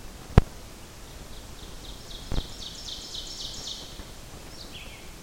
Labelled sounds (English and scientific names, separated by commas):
Ovenbird (Seiurus aurocapilla) song